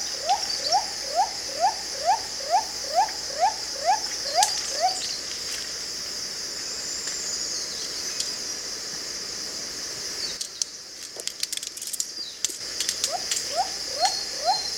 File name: andaman cuckoo dove